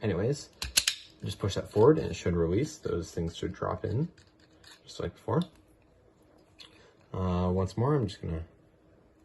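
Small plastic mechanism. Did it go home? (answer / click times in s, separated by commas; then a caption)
no / none. Someone talks while handling the 3D-printed priming arm of a wrist-worn launcher, with a faint tap near 5.8 s between the words. The launcher string has not yet been pulled back over to catch on the plastic release catches, and nothing has latched or clicked yet.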